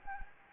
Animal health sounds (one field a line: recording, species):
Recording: mosquito wingbeat signal from an infrared sensor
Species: Anopheles gambiae